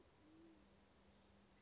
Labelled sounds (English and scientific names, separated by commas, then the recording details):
Band-tailed Pigeon (Patagioenas fasciata)
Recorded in Sonoma County, California